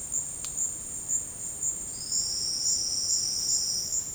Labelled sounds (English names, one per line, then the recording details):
none
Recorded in dense forest near Puerto Asís, Putumayo, Colombia, on 20 February 2024 at 10:00
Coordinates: 0.472, -76.329
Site G6394